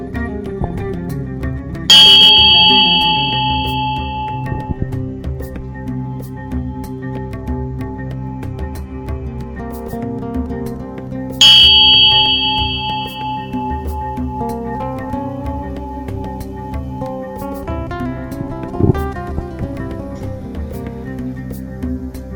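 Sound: meditation bell ringing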